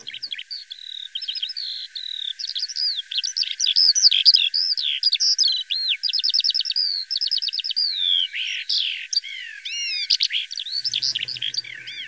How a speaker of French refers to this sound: Et il y a un petit oiseau chanteur qui s'appelle l'alouette des champs, qui était un oiseau d'ailleurs assez commun de nos campagnes